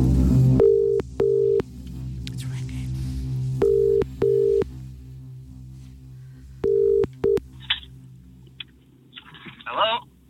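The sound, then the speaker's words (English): A telephone ringback tone, as a radio competition winner is being called by phone, sounds in repeated double bursts, three pairs in steady rhythm over a low hum, followed by a few faint clicks and a brief rustle at the end. “if you're listening now and you hear us call the winner and your phone rings at the same time, there might be a delay if you're on the app.”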